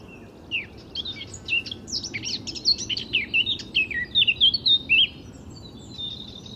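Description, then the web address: Eurasian blackcap delivering a fast busy warble of scratchy and whistled notes, then stopping, leaving quiet background for the last second or so. "SETE data Sylvia atricapilla"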